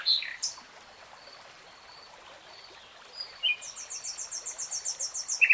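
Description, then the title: Nightingale song: scattered high chirps and whistles, then a fast series of sharp repeated notes that grows louder toward the end over a soft hiss. "[Tiếng chim hót] Nightingale Singing"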